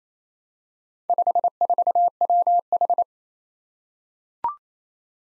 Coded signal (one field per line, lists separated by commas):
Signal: Morse code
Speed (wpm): 27 wpm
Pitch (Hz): 700 Hz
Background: none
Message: 54WH